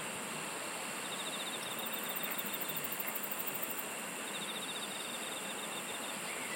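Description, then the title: Insect chorus, continuous and hissing, with fast ticking pulse trains high and mid in pitch, one train swelling briefly in the middle. "SINGING OF INSECTS"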